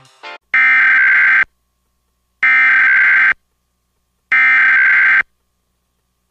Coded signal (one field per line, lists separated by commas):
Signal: Emergency Alert System (SAME) tones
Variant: header bursts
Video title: EAS Reenactment Mock: CRP Warning Alarm Test on WXK26